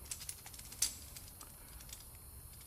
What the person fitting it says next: and the entire mechanism snaps into place.